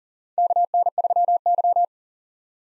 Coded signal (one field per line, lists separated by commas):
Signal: Morse code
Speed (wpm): 40 wpm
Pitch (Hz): 700 Hz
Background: none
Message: KN3Y